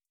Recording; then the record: hydrophone in a shrimp aquaculture tank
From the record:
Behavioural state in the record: starved